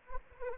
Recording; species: mosquito wingbeat signal from an infrared sensor; Anopheles arabiensis